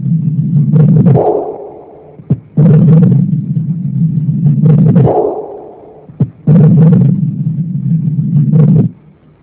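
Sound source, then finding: Heart by stethoscope. Systolic and diastolic heart murmur.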